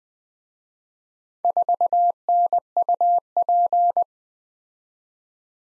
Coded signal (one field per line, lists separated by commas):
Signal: Morse code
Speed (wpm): 21 wpm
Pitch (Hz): 700 Hz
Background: none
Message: 4NUP